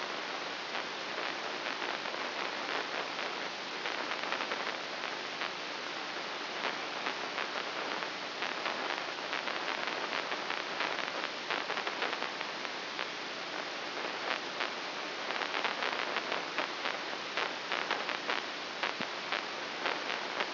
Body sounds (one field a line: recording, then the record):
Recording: brain microelectrode recording played as sound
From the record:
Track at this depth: inside the subthalamic nucleus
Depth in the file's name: 1.205 mm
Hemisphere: right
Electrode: 3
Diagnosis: Parkinson's disease